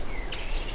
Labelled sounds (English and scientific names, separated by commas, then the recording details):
Stitchbird (Notiomystis cincta) song
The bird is a male
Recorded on Tiritiri Matangi Island, New Zealand, in 2005
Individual 10, of nest box 12